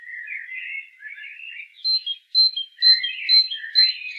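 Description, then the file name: Great tit giving soft buzzy chatter, followed by clear, sharp high notes repeated roughly every half second over lower churring. "Parus major"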